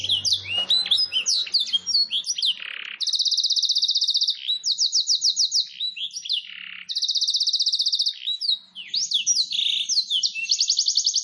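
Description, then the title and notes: Domestic canary song alternating short sweeping chirps with extended high rolling trills, several trills lasting over a second each, delivered continuously. Long, highly active canary song used as a training master song and as a lure for wild canaries. "Pikat Kenari GACOR PANJANG INI Cocok Untuk Masteran KENARI LIAR. Masteran burung kenari gacor parah"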